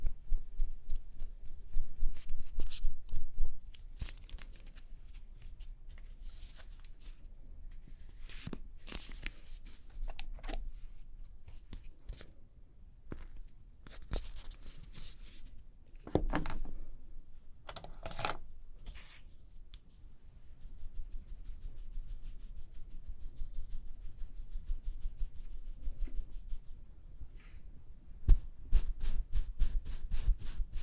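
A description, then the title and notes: Makeup being done: a steady run of small taps, clicks and handling noises, with short brushing strokes around 8–9, 16 and 18 seconds. From about 20 to 27 seconds come rapid fine ticks, then sharper clicks near the end over a low hum. Doing Your Makeup ASMR No Talking.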